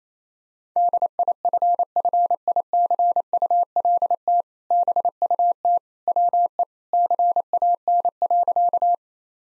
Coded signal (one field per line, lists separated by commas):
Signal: Morse code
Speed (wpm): 28 wpm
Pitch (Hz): 700 Hz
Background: none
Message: DIFFICULT BUT WE CAN.